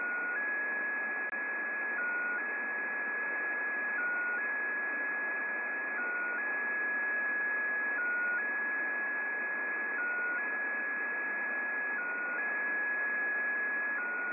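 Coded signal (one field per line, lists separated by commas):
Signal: unidentified radio signal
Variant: XPA2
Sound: steady whistle tone that briefly drops lower about every two seconds, over hiss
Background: radio static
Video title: XPA2 Spy Station 13538KHZ (Data) transmission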